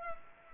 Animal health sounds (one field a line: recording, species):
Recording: mosquito wingbeat signal from an infrared sensor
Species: Culex pipiens